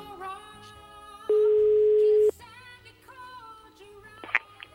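A telephone ringing tone on a Radio 24 call to the number of Alfredo Milioni: one steady, mid-pitched electronic tone held for about a second, loud and flat, standing out over a quiet musical background.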